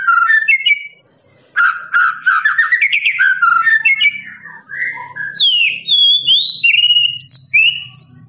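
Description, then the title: Lovebird song: a chattering burst, then a rapid rising trill, followed by sweeping whistled notes climbing higher toward the end. Long trilling ngekek song of a lovebird, used as a master recording for training birds. "FULL DURASI MASTERAN LOVEBIRD NGEKEK PANJANG"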